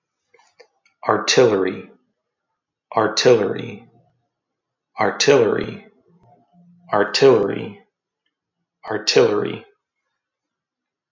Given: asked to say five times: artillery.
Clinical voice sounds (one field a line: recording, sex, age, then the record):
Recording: repeated word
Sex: male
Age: 30 to 39 years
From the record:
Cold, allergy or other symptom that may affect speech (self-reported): no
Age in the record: 32 years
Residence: Texas, United States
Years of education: 18